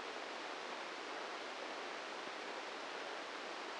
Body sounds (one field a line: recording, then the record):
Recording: brain microelectrode recording played as sound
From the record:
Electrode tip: inside the subthalamic nucleus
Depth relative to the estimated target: -2 mm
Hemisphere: left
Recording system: NeuroSet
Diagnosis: Parkinson's disease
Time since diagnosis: 8 years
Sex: male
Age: 46 years